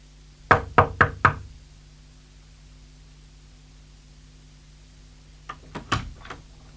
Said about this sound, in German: Ich habe geklopft, Sie haben offenbar nichts gehört.